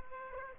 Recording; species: mosquito wingbeat signal from an infrared sensor; Aedes aegypti